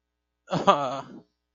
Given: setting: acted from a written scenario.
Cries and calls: vocal sound without words; guilt

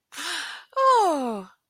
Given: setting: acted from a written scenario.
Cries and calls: vocal sound without words; positive surprise

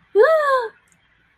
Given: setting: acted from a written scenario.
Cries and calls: vocal sound without words; distress

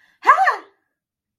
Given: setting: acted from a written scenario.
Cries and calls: vocal sound without words; negative surprise

